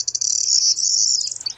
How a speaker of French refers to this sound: Il est là, il y a quelques autres oiseaux qu'on entend d'ailleurs derrière.